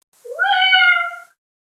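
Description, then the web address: Cat meow: one drawn-out call about a second long, rising briefly at the start, then holding steady before fading. "koshka"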